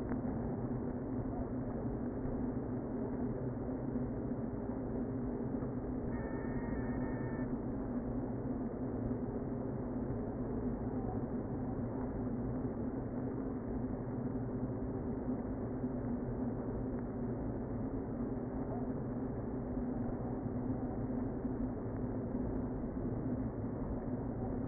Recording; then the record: honeybee colony, microphone inside the hive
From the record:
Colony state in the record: queen present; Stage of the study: before two queens were removed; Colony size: about 60,000 bees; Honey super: yes